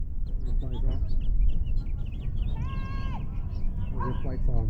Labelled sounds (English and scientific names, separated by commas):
House Finch (Haemorhous mexicanus) song